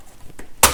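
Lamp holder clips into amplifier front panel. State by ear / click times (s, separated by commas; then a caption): seated / 0.6 s. A lamp holder on a Kenwood KA-405 integrated amplifier is pressed into the front panel until both retaining clips lock. A faint tap is heard at 0.4 seconds, then a sharp, loud snap at 0.6 seconds as the holder seats and locks in place.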